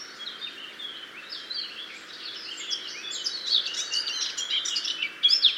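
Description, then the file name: Eurasian blackcap giving a fast, rambling warble of varied chirpy notes that grows louder toward the end. "Sylvia atricapilla"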